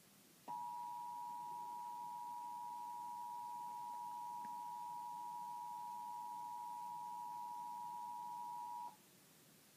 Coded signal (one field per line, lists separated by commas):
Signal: Emergency Alert System (SAME) tones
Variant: 853 and 960 Hz attention tone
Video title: 2017 Iowa Tornado Drill tests on TV and radio (EAS #322-327)